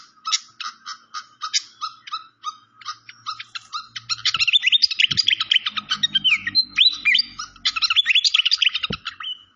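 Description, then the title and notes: Malaysian pied fantail song: a string of separate clipped chips, then a long, hurried twittering sequence with bent whistled notes. Clear-voiced song from a masteran (training) recording. "Masteran Sikatan Kipas Suara Jernih Dan Suara Gemericik Air. Suara Burung Sikatan Londo"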